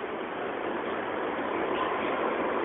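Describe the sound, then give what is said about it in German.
Steady ambience of the U7 underground railway platform at Hermannplatz, where many people, young and old, wait for the next train: an even, unbroken wash of rumbling, hissing noise at constant loudness, with no distinct announcements, footsteps or arriving train standing out. “am Bahnsteig auf den nächsten Zug warten, keine besonderen Vorkommnisse.”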